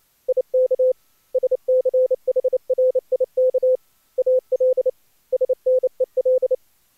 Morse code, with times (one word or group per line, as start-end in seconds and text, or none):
0.3-0.9 IK
1.3-3.8 SCHRIK
4.2-4.9 AL
5.3-6.5 SNEL